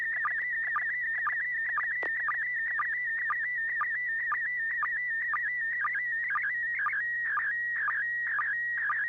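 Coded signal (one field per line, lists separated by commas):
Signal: SSTV (slow-scan television)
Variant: PD120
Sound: warbling tone around 2 kHz with steady stretches and regular low clicks twice a second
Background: low hum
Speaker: good this is n6pgq and this is pd120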